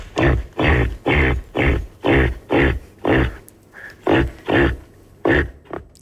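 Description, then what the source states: Reindeer giving deep, rough grunts in a steady rhythm, roughly two a second, with brief pauses between short runs. Played back in a radio guessing quiz.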